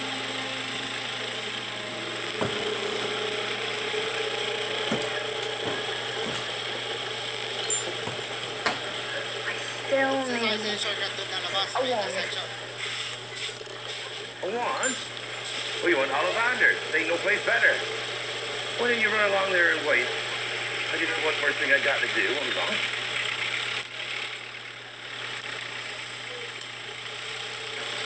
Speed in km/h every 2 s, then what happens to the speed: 0, 11, 15, 15, 13, 10, 8, 8, 9, 14, 14, 8, 5, 5.
0-4 pulls away to 15. 4-11 slows to 8. 20-24 slows to 5.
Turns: none.